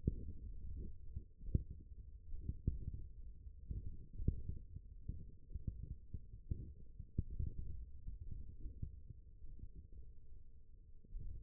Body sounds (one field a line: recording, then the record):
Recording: forearm muscle sounds (acoustic myography)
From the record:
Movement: finger pinch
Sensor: system 1, eight BSWA MPA416 microphones around the upper forearm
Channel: 7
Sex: female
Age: 20 years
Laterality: right